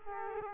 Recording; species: mosquito wingbeat signal from an infrared sensor; Culex quinquefasciatus